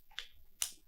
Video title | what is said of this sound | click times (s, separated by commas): Tascam DR-40 Audio Recorder Overview | place this into the microphone we heard the click it's locked we're connected | 0.6 s